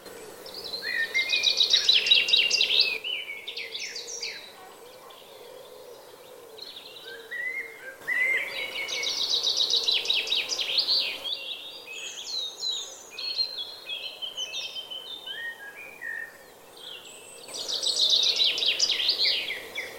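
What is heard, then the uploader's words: A chaffinch sings in full voice, each bright, rattling phrase tumbling downward to a flourish, at the start, around eight seconds and again near the end. Softer chirps from other birds fill the gaps, over a low, steady background murmur. CHAFFINCH SONG. The beautiful Songbird that is the Chaffinch, in full voice.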